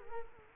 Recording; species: mosquito wingbeat signal from an infrared sensor; Culex quinquefasciatus